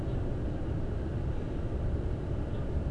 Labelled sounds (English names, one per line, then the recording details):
none
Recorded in Germany
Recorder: ecoPi